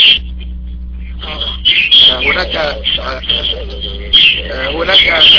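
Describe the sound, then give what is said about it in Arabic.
A loud, dense chorus of sparrows chirping, with rapid overlapping high-pitched tweets running continuously throughout, over a low steady hum. “هناك صوت العصافير شيخنا مرتفع جدا.”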